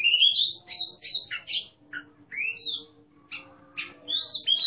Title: burung berkicau Kacer Ngeplong gacor Juara Nasional. burung Kacer